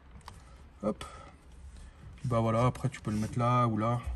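While fitting an aftermarket car radio in a VW Polo 6N interior, the radio's control unit is pressed into its mounting holder and clips in with a single sharp snap at 0.3 s. The control unit seats in the holder, and someone then talks.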